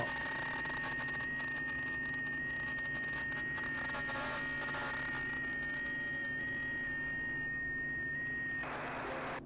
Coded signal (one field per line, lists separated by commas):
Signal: FT8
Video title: making FT8 QSOs with WSJT-x on 20M